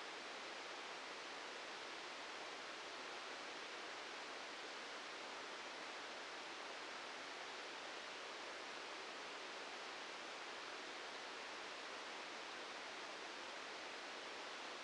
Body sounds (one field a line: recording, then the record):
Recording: brain microelectrode recording played as sound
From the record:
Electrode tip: outside the subthalamic nucleus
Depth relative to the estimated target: 1 mm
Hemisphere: left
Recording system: NeuroSet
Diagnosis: Parkinson's disease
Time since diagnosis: 10 years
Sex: male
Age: 56 years